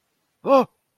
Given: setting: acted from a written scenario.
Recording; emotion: vocal sound without words; distress